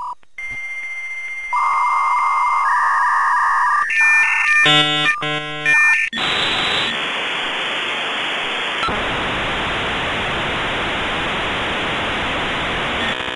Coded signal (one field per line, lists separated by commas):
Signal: dial-up modem handshake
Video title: Anybody remember the dial up modem sound